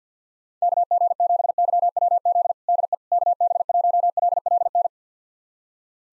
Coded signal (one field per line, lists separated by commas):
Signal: Morse code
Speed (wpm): 50 wpm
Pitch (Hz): 700 Hz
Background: none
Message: KG7YWZ DE KB1LLN